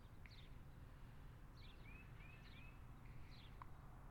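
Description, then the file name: Bird calls: faint high chirps and a run of quick upslurred whistles above constant low background rumble. Birds outdoors. "Birds Outside Ambience"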